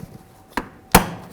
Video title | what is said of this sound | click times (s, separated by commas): How to Replace Shifter Assembly 05-16 Ford Mustang | gonna put this on here listen for a click give | 0.9 s